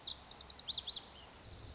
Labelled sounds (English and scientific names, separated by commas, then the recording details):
Lazuli Bunting (Passerina amoena)
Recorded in Sonoma County, California